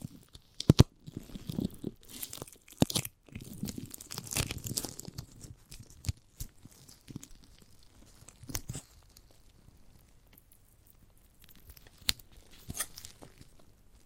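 Someone bites and chews a giant gummy bear, with wet, sticky chewing sounds dense through the first five seconds. Sharp clicks and snaps punctuate it, notably near one, three, six, eight and a half and twelve seconds. Later the chewing thins into quieter, scattered mouth sounds.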